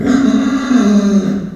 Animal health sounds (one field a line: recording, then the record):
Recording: squeal of a Yucatan mini pig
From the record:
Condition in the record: after surgery on the right vocal fold (resection and tissue-engineered implant)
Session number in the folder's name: 9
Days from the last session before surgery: 65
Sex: female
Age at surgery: 19 weeks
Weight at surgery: 25 kg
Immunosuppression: prednisolone